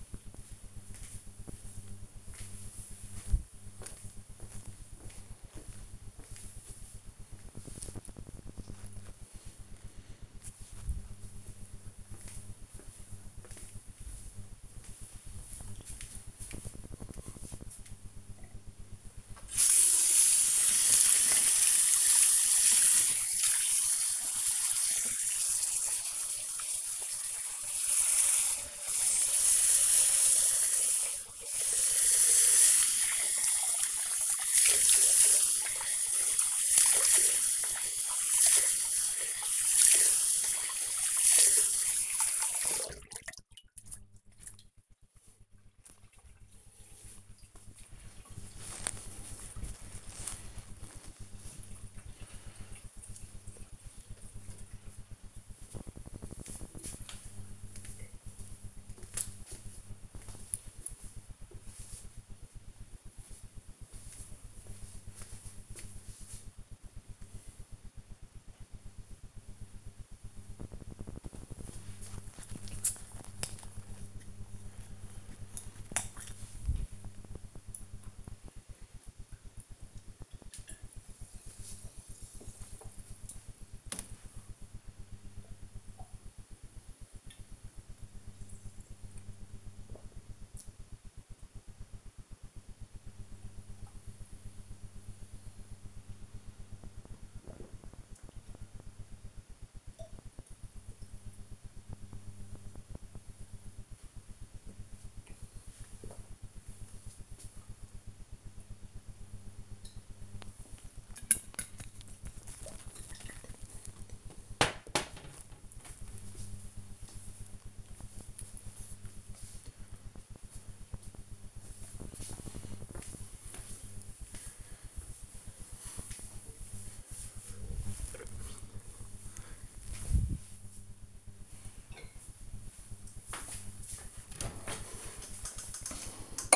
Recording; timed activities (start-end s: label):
household activities, microphone on the right wrist
19.50-45.62 s: washing hands
70.77-113.92 s: drinking
131.01-136.56 s: putting away the dishes